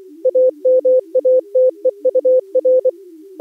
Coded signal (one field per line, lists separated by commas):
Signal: Morse code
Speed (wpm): 17 wpm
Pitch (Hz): 510 Hz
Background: music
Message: AMATEUR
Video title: Daily Minutes, January 2nd, 2016, with contestia